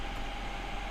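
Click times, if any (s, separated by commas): none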